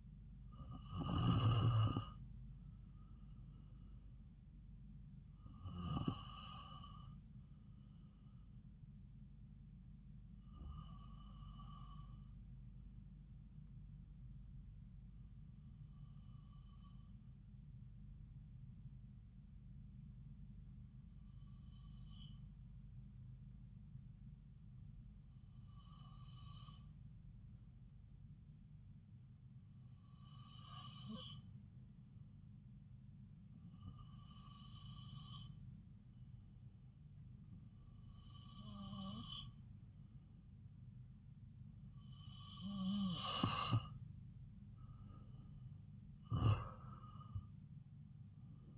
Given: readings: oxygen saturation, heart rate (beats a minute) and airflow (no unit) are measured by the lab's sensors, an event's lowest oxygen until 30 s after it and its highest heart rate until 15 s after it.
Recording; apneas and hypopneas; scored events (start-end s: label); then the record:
breathing in sleep by a smartphone at the bedside; 1
18.00-40.70 s: hypopnea (N2, oxygen 95% highest, then 92% lowest)
From the record:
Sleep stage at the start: N2 (light sleep); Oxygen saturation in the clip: 92 to 95%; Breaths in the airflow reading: 11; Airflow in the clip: -4.3 to 4.5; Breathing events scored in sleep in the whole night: 270 in 6.1 hours asleep